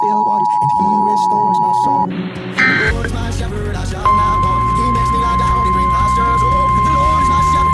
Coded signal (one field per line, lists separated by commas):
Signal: Emergency Alert System (SAME) tones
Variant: 853 and 960 Hz attention tone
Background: speech, music